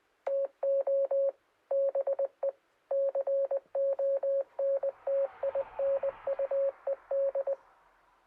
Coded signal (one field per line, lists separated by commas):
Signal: Morse code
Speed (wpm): 20 wpm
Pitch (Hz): 550 Hz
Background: radio noise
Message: TO BE CONTINUED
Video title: Honda Monkey & The Story of Morse Code Mountainside